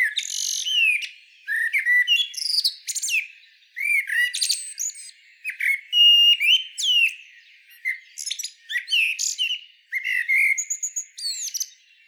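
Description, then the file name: Common blackbird singing steadily, mellow whistled phrases each ending in thin, high chattering squeaks, repeated with short gaps throughout. "Turdus merula"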